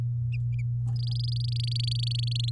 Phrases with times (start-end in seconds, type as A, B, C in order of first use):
0.96-2.50 A